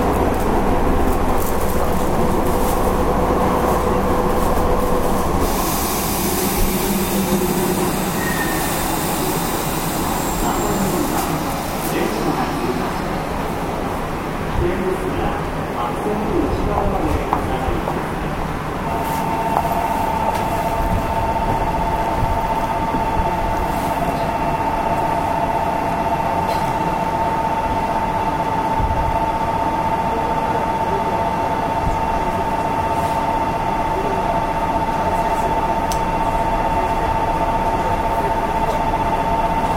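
A Nishitetsu 5000 series train running, with a dense, steady rumble and rattling clatter throughout. A hissing rush swells around five to eleven seconds, and from about nineteen seconds a thin, steady whine rises above the rolling noise and holds to the end.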